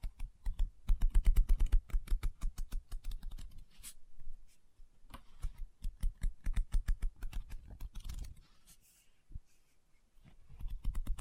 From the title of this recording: Book Tapping, Scratching, Page Turning